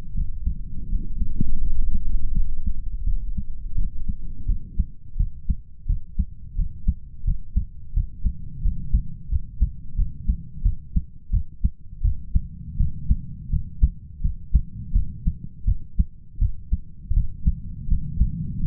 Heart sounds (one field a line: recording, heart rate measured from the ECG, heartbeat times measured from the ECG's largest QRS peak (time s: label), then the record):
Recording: heart sounds by stethoscope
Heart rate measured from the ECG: 85 bpm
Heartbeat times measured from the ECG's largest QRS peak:
0.14 s: heartbeat
0.89 s: heartbeat
1.62 s: heartbeat
2.33 s: heartbeat
3.04 s: heartbeat
3.75 s: heartbeat
4.46 s: heartbeat
5.17 s: heartbeat
5.86 s: heartbeat
6.56 s: heartbeat
7.24 s: heartbeat
7.93 s: heartbeat
8.62 s: heartbeat
9.29 s: heartbeat
9.96 s: heartbeat
10.62 s: heartbeat
11.31 s: heartbeat
12.02 s: heartbeat
12.77 s: heartbeat
13.49 s: heartbeat
14.21 s: heartbeat
14.92 s: heartbeat
15.65 s: heartbeat
16.39 s: heartbeat
17.13 s: heartbeat
17.88 s: heartbeat
18.59 s: heartbeat
From the record:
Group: healthy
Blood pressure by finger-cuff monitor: 115/74 mmHg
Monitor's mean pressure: 86 mmHg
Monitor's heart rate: 84 bpm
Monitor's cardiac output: 7.5 L/min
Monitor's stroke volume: 90 mL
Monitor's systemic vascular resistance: 850 dyn s/cm5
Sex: male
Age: 33 years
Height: 179 cm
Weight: 80.4 kg